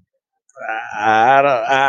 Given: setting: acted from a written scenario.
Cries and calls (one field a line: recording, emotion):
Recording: vocal sound without words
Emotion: shame